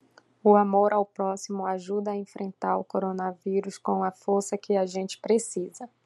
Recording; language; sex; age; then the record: spoken sentence; Brazilian Portuguese; female; 30 to 39 years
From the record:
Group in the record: control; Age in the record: 39 years